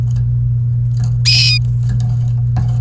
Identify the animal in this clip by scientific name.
Serinus canaria